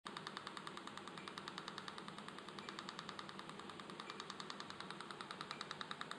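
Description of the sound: Rapid regular clicking pulses, about 200 a minute, over a steady hiss: a NightLase laser firing during a snoring treatment procedure.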